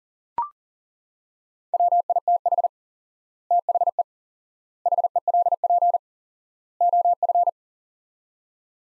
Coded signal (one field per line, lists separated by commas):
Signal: Morse code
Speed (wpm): 40 wpm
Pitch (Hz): 700 Hz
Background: none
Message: WITH THE HELP OF